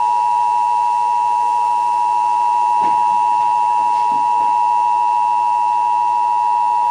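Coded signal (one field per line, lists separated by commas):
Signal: Emergency Alert System (SAME) tones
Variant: 853 and 960 Hz attention tone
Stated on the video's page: Severe thunderstorm warning relayed by AM station WBAP.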